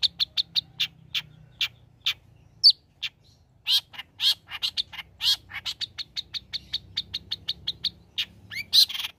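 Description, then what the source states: Long-tailed shrike song of sharp, high chirps in quick runs, with a brief sweeping note partway through and short pauses between bursts. Actively singing bird, used as a tutor song for training other birds.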